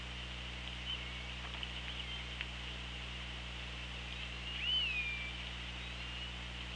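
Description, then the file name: Killer whale call: one clear arching tonal sweep that rises then falls, set in continuous underwater hiss and low hum. Recorded by an OrcaLab hydrophone on 24 August 2017 at 17:20. "Orca Lab UTLN JASON 20170824 172058"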